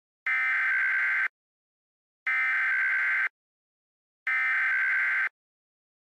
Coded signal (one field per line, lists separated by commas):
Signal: Emergency Alert System (SAME) tones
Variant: header bursts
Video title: EAS Scenario: Kansas Tornado Disaster